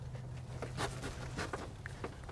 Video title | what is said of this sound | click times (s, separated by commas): 2007 - 2014 GM Vortec 5.3L V8 Engine AFM Fouling ~ Spark Plug Inspection & Replacement (Chevy & GMC) | You guys aren't going to be able to hear it on camera, but she's popped on. | 1.9 s